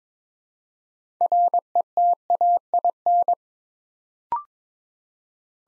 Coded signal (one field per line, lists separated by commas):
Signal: Morse code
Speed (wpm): 22 wpm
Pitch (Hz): 700 Hz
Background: none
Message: RETAIN